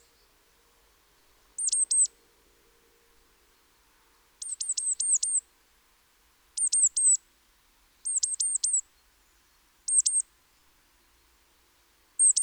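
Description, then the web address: Great tit calls in clusters of two to five high, thin notes, repeated every few seconds. "SETE Parus major"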